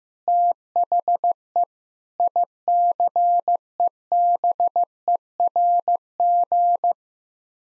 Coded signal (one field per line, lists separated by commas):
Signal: Morse code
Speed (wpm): 15 wpm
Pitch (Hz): 700 Hz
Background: none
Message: THE ICEBERG